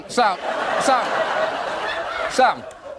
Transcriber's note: laughter